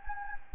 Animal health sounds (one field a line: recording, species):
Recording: mosquito wingbeat signal from an infrared sensor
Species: Anopheles gambiae